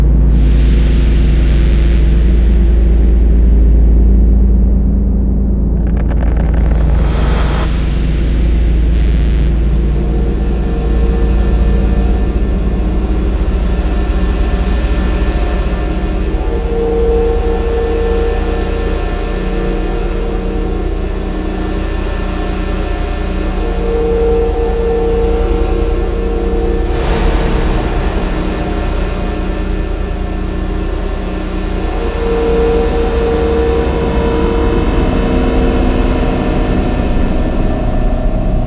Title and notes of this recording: Dark Cinematic Soundscapes and Sound Effects. Desolate drones, dark background sounds, abstract ambiences, oppressive analog synth textures, disturbing whooshes, heavy impacts, scary SFX